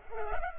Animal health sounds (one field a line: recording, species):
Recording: mosquito wingbeat signal from an infrared sensor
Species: Culex pipiens